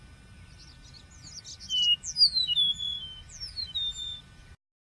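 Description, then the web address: Bird song, high scratchy notes followed by clear whistled downslurs, with a low steady rumble and a faint constant tone beneath. Many birds recorded in Bexar on 12 March 2006, around 12:33 PM. "bexar Many Birds 20060312 PM 123335"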